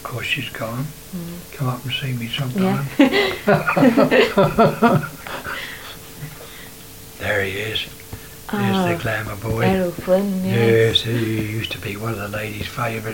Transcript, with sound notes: Of course, she's gone.
Mhm.
"Come up and see me sometime."
Yeah. [laughs]
[laughs heartily] There he is.
Ah-h.
There's the glamour boy.
Errol Flynn, yeah.
Yes, he used to be one of the ladies' favourites.